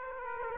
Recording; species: mosquito wingbeat signal from an infrared sensor; Aedes aegypti